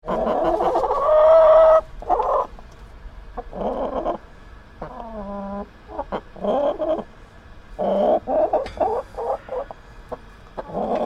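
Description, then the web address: Chickens calling together, a drawn-out squawk early on followed by choppy clucks and cackling bursts from several birds, irregular and overlapping. Caged chickens. "Tom Hutchings Chickens Caged"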